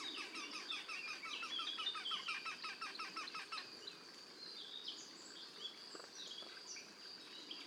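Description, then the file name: Eurasian wryneck calls, a quick series of nasal repeated notes for the first half, then giving way to faint background with a few scattered chirps. Two birds calling together as a duet. "torcols en duo"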